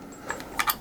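A trigger group is pushed back into the receiver of a Remington Versa Max shotgun, producing a few light metallic taps and scrapes. The trigger group does not go home, and nothing has seated or clicked yet.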